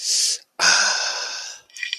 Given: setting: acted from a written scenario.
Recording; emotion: vocal sound without words; contentment